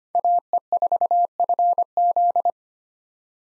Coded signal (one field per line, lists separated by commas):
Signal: Morse code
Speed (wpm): 25 wpm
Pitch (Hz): 700 Hz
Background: none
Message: AE4FZ